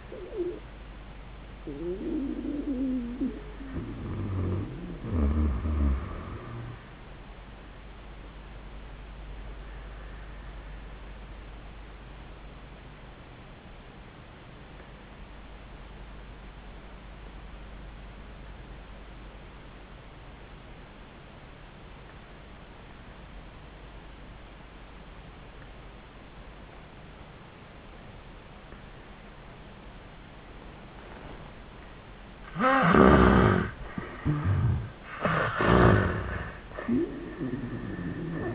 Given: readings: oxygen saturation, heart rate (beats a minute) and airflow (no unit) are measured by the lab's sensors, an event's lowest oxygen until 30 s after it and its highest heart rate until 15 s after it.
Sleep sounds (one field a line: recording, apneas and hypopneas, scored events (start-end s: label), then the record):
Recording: breathing in sleep by a voice recorder at the bedside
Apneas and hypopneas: 1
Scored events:
10.00-32.10 s: obstructive apnea (N1, oxygen 97% highest, then 76% lowest, heart rate 86 at the start, 94 highest)
From the record:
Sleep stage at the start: N1 (lightest sleep)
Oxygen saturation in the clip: 78 to 97%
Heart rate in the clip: 81 to 100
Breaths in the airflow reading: 3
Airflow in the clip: -15.1 to 10.0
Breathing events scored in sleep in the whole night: 400 in 8.7 hours asleep